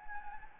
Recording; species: mosquito wingbeat signal from an infrared sensor; Anopheles gambiae